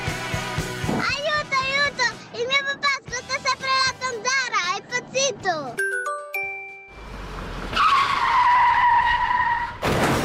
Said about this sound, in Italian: Questa non ci voleva. Ti hanno tamponato.